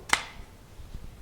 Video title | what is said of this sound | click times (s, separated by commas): Glock Magpul PMAG Review | like so now if you notice that button did not get in there all the way | 0.1 s